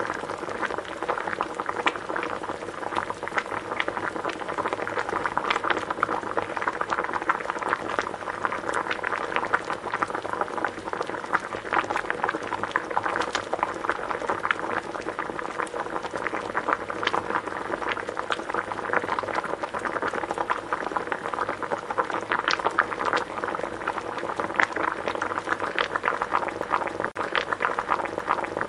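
Water boils at a steady rolling pace, a dense crackle of small bubbles popping constantly without pause for the whole half minute. The bubbling sits mostly in the middle range with sharper bright pops scattered throughout.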